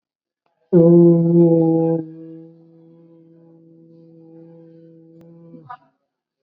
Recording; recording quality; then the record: sustained vowel as in boot; excellent, no background noise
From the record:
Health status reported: COVID-19 positive, mild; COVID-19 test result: positive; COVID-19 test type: rapid antigen test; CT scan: not taken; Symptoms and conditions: cough, fever, fatigue, muscle pain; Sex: male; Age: 20 years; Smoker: no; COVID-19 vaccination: both doses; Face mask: worn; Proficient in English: yes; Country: India